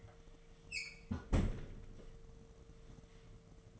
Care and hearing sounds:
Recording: daily activity, microphone in the room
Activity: close fridge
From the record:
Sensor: 4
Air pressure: 1015.8 hPa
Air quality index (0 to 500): 185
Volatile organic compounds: 9 ppm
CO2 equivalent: 2136 ppm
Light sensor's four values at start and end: 11/24/10/11 and 14/32/13/14

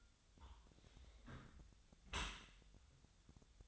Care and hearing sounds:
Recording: daily activity, microphone in the room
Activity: close dishwasher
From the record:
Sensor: 3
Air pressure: 1006.7 hPa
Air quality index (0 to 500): 207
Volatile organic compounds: 19 ppm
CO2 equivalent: 2641 ppm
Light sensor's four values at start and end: 11/25/10/10 and 11/25/10/10

